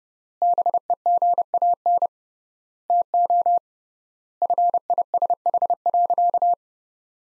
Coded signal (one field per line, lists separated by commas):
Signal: Morse code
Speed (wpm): 32 wpm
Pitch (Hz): 700 Hz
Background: none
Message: BEGAN TO FISH.